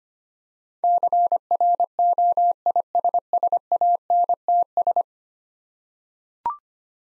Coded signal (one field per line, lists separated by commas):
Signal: Morse code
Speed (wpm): 25 wpm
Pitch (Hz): 700 Hz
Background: none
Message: CROISSANTS